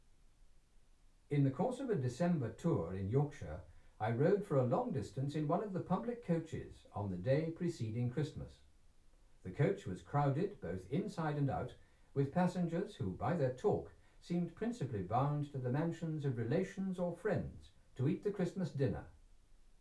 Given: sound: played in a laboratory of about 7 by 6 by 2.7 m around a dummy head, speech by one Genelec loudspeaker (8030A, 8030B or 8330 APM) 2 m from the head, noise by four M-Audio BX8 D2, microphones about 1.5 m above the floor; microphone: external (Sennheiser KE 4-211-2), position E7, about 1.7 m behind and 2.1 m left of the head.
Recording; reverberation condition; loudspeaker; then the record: male speech in English; low; 60 degrees to the left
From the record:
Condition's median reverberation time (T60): about 310 ms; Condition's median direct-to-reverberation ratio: about 3.5 dB